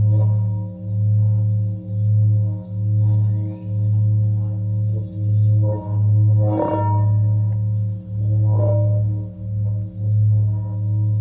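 A singing bowl hums with a deep, steady low tone that swells and dips in a slow, regular pulse about every second. Higher ringing overtones hover above, and a few brief brighter strikes or scrapes flare up around six and a half and eight and a half seconds.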